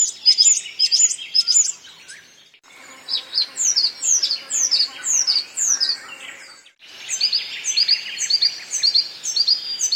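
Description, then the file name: Bird calls: bursts of high, rapid chirps and sweeping notes, with short silent gaps between sections. "BIRD wbsw"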